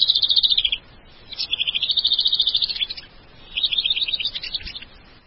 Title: Kicau Murai Batu